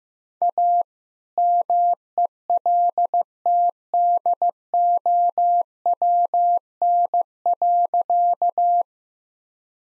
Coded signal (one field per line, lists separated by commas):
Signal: Morse code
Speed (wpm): 15 wpm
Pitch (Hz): 700 Hz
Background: none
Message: A MELTDOWN.